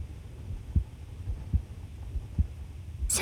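Soft, low, regular thumps at about 75 beats a minute over a faint hum: a steady adult heartbeat heard up close.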